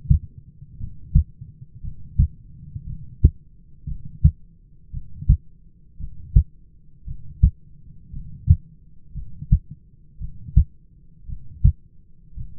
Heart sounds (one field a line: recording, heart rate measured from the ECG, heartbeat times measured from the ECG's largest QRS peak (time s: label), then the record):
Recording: heart sounds by stethoscope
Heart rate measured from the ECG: 57 bpm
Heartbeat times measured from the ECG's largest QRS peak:
0.79 s: heartbeat
1.82 s: heartbeat
2.86 s: heartbeat
3.87 s: heartbeat
4.92 s: heartbeat
5.99 s: heartbeat
7.06 s: heartbeat
8.12 s: heartbeat
9.13 s: heartbeat
10.19 s: heartbeat
11.27 s: heartbeat
12.36 s: heartbeat
From the record:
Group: heart failure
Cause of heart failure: dilated cardiomyopathy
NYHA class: 2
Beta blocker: bisoprolol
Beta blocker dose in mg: 10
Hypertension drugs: sacubitril-valsartan, spironolactone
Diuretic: furosemide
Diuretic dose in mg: 40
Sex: male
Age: 29 years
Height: 174 cm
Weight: 92 kg